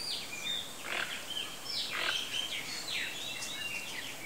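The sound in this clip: Bird calls: quick high chirps and short whistled notes tumbling over one another against a steady hiss of background noise.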